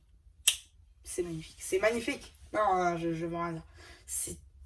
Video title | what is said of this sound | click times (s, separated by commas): Review sans minifigurines LEGO Avatar de l'aventure du Skimwing !!! (75576) | tellement smooth c'est trop c'est fluide et tout ça ça clipse enfin | 0.5 s